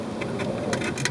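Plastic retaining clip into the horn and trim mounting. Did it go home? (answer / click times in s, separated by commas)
no / none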